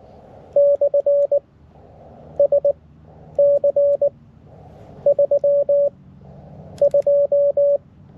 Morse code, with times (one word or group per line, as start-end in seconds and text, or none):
0.6-1.4 /
2.4-2.7 S
3.4-4.1 C
5.1-5.9 3
6.8-7.8 2